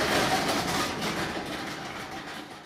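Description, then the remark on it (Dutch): A reverse vending machine, loaded with a complete bag of cans and bottles and its hatch closed, counts them with a loud, steady mechanical whirring and rattling clatter that slowly eases off, with no voices present. “Vervolgens sluit je in het luik en de automaat begint te tellen.”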